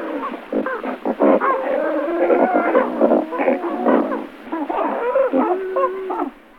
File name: Pelikan bily Pelecanus onocrotalus